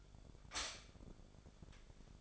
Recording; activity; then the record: daily activity, microphone in the room; stop toaster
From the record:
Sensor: 5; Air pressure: 1004.3 hPa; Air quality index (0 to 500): 170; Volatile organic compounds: 4 ppm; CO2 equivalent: 1597 ppm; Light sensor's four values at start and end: 34/109/41/41 and 34/109/41/41